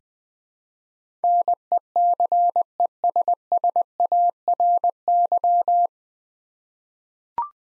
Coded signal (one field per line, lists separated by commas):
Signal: Morse code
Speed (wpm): 20 wpm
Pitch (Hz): 700 Hz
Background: none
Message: NECESSARY